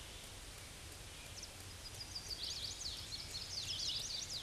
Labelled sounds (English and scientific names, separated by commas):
Chestnut-sided Warbler (Setophaga pensylvanica) song